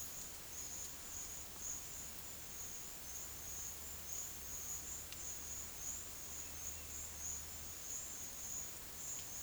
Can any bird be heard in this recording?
yes